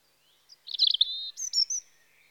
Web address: BBC Sound Effects Library Birds Robin (Erithacus Rubecula) Spring